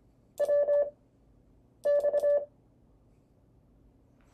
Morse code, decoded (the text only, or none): WX